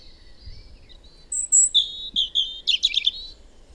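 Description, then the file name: European robin singing a thin, high drawn-out note, then a sharper piercing note, a few clear whistles and a fast, jangling trill to close. "Erithacus rubecula"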